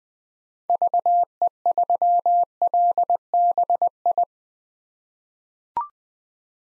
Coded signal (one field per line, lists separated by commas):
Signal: Morse code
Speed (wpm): 20 wpm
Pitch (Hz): 700 Hz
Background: none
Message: VE3LBI